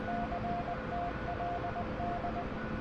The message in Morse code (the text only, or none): CTLD